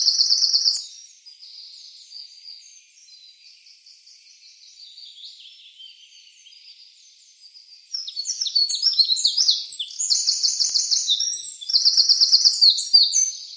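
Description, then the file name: Eurasian wren song: a brief loud trill, then quieter warbling, before a long, very fast, high run of rattling trills and sharp twittering notes. Recorded on 24 April 2013. "24 04 2013 Zaunkoenig"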